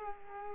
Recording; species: mosquito wingbeat signal from an infrared sensor; Culex quinquefasciatus